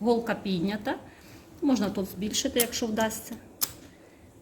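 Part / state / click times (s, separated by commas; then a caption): bobbin case into sewing machine hook / seated / 3.6 s. A bobbin case assembly is inserted into the horizontal hook area of a sewing machine with the needle raised, while someone talks. A short, sharp click at 3.6 s marks the bobbin case seating in the hook.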